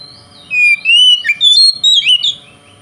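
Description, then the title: Oriental magpie-robin giving a short phrase of smooth, sliding whistles rising and falling. Local name kacer; song described as konslet, said to provoke other magpie-robins. "Kacer Konslet Bikin Kacer Lain"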